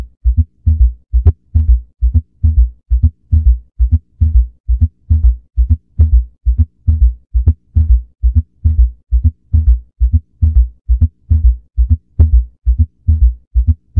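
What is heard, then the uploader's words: A heartbeat heard through a stethoscope: deep, muffled thumps in a steady, quick rhythm, about two beats every second, each with a soft double lub-dub shape. The pattern never changes across the whole stretch, with faint brief clicks over the low pulses and near-silence between beats. Cardiac Auscultation.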